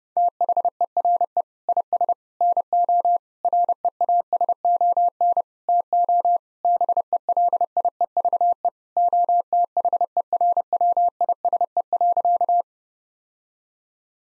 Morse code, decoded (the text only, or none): THERE IS NO REASON TO BELIEVE OTHERWISE.